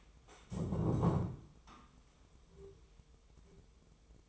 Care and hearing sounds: daily activity, microphone in the room; stand up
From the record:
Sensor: 1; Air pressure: 1005.1 hPa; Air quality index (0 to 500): 125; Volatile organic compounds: 5 ppm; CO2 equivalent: 1750 ppm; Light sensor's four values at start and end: 11/27/11/12 and 11/27/11/11

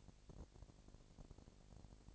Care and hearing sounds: daily activity, microphone in the room; no activity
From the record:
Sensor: 5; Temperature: 20.1 degrees Celsius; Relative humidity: 38.2%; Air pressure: 998.9 hPa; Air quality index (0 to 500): 218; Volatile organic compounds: 24 ppm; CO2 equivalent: 2811 ppm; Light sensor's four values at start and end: 2/3/1/1 and 2/3/1/1

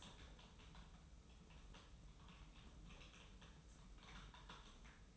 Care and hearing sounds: daily activity, microphone in the room; typing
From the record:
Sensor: 1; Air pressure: 991.0 hPa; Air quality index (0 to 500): 126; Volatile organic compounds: 290 ppm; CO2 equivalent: 4458 ppm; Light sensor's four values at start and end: 23/55/23/25 and 23/55/23/25

